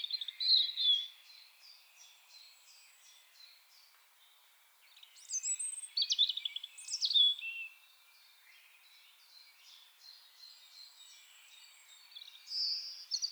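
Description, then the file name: European robin song: thin, high, liquid phrases, with quieter high notes between them. "Erithacus rubecula"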